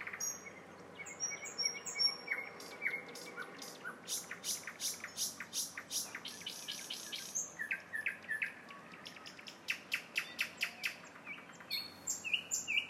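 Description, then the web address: Nightingale song: loud sequences of rapidly repeated notes and trills over about thirteen seconds, with a faint low hum behind. Singing in a town. "spiew slowika miasto"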